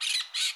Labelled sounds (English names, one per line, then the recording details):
Brown-throated Parakeet contact call
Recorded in Curacao
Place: Hoffi Jan Thiel
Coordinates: 12.094, -68.877